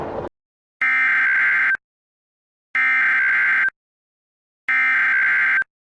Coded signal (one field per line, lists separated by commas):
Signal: Emergency Alert System (SAME) tones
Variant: header bursts